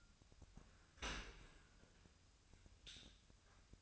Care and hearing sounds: daily activity, microphone in the room; open dishwasher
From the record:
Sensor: 2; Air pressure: 1006.6 hPa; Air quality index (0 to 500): 202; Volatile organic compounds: 14 ppm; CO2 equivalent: 2467 ppm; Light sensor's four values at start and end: 9/22/9/9 and 9/22/9/9

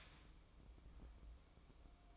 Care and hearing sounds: daily activity, microphone in the room; start toaster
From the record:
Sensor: 1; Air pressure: 1007.1 hPa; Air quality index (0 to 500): 72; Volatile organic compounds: 1 ppm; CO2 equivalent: 651 ppm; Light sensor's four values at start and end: 8/18/7/8 and 8/18/7/8

